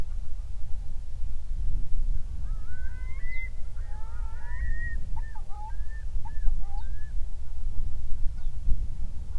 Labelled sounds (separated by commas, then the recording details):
songbird, waterfowl, loon, wind
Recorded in the Prudhoe Bay oil fields, Alaska, on 31 July 2019 at 08:15
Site 24